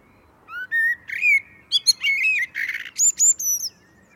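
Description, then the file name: Common blackbird singing clear, rising whistled notes that become a rich warble, ending in thin, very high squeaky notes. "Turdus merula"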